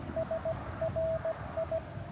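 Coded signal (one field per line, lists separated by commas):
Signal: Morse code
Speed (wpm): 16 wpm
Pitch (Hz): 650 Hz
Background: radio noise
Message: SRI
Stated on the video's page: Morse signals during a park activation, made difficult by conditions.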